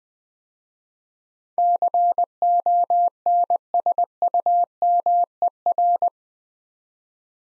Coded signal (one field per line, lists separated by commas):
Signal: Morse code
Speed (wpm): 20 wpm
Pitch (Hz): 700 Hz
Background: none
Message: CONSUMER